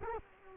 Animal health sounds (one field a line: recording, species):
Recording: mosquito wingbeat signal from an infrared sensor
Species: Culex quinquefasciatus